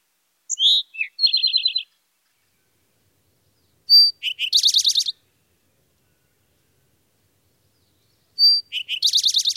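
Eastern towhee song: a few sharp whistled introductory notes followed by a fast buzzy trill, given three times, the trills sounding rattling and high.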